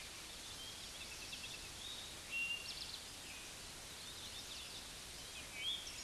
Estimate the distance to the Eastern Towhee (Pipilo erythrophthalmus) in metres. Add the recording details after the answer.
about 45 m. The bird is about 5 m above the microphone. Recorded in a Pennsylvania forest on 16 May 2024 at 06:30. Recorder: AudioMoth, point MSD-1307. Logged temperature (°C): 16.6 °C. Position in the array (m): 230 m, 166 m